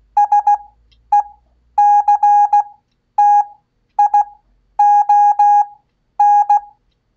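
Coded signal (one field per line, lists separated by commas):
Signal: Morse code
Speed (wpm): 16 wpm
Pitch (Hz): 820 Hz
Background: none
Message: SECTION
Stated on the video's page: Koch method practice at 15 WPM with Farnsworth spacing, generated by a Vectronics PMT 228 CW generator.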